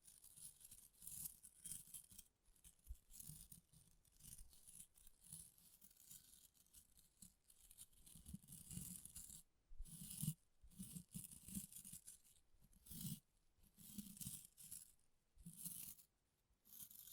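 Rough brain cleaning and picking: bursts of wet scratching and scraping come in uneven strokes with short pauses, plus low thumps beneath.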